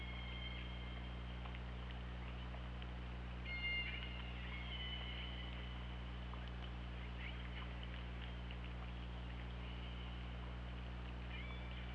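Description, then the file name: Orca calls, soft tonal cries and brief sweeps scattered throughout, strongest near four seconds, against a persistent low mechanical hum and faint clicks. OrcaLab hydrophone, underwater, 24 August 2017 at 21:02:12. "Orca Lab UTLN JASON 20170824 210212 h 2 LL ORCALABDYNI"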